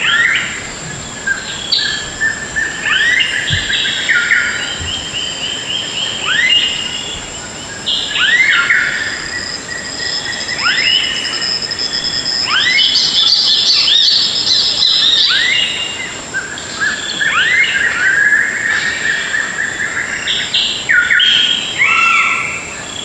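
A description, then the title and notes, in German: Deep in the jungle, many birds call at once: rising whistles, quick chirps and trills overlap almost without pause, busiest around the middle. A thin, steady high insect whine runs underneath throughout, with a soft low hum and the occasional faint knock. Im tiefen Dschungel.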